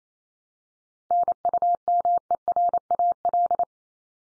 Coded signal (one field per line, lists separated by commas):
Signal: Morse code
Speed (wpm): 28 wpm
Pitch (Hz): 700 Hz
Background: none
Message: NUMERAL